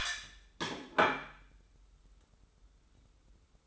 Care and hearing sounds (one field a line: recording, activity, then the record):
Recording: daily activity, microphone in the room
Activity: place plate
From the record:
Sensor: 3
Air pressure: 994.4 hPa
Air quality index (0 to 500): 205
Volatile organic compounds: 1000 ppm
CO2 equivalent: 6806 ppm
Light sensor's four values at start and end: 76/175/73/69 and 78/179/75/71